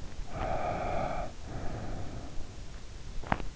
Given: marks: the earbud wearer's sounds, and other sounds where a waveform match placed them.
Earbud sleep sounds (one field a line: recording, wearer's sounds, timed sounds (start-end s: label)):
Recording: sounds in sleep by an in-ear microphone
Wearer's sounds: breath, teeth grinding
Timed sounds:
0.32-2.42 s: breath
3.12-3.56 s: teeth grinding